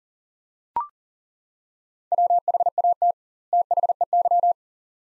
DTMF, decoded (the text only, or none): none